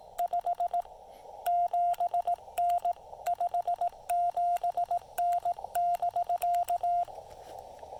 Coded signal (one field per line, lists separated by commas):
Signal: Morse code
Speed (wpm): 17 wpm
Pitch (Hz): 700 Hz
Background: radio noise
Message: 57N 57N <BK>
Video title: A QRP CW activation of Pilot Mountain State Park w/the Yaesu FT-817ND, Elecraft T1, and some wire!